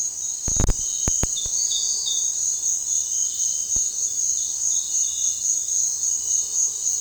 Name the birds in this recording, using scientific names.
none